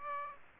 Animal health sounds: mosquito wingbeat signal from an infrared sensor; Aedes aegypti

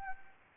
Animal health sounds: mosquito wingbeat signal from an infrared sensor; Anopheles arabiensis

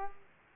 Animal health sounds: mosquito wingbeat signal from an infrared sensor; Culex quinquefasciatus

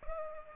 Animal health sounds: mosquito wingbeat signal from an infrared sensor; Culex pipiens

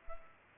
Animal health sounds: mosquito wingbeat signal from an infrared sensor; Culex pipiens

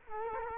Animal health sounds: mosquito wingbeat signal from an infrared sensor; Culex quinquefasciatus

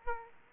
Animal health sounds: mosquito wingbeat signal from an infrared sensor; Aedes aegypti

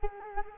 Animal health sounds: mosquito wingbeat signal from an infrared sensor; Culex quinquefasciatus

